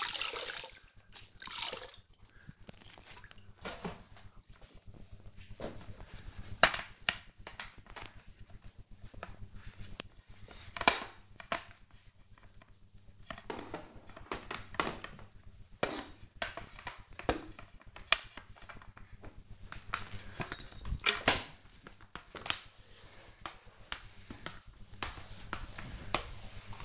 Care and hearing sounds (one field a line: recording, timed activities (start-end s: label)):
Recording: household activities, microphone on the right wrist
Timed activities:
0.00-26.85 s: floor cleaning